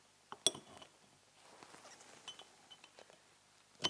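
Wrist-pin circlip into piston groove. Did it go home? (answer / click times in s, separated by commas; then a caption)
yes / 0.5 s. A steel wrist-pin circlip is pressed into the groove of a big-bore two-stroke piston from an RKtek 827 big-bore kit for a Ski-Doo Rev, with a faint tick at 0.3 s and a sharp metallic click at 0.5 s as it snaps in. Quieter clinks and handling noises follow, with another sharp tap near the end. The circlip is fully seated in its groove so it will not come out.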